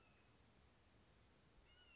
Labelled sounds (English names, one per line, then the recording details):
Red-shouldered Hawk
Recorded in Sonoma County, California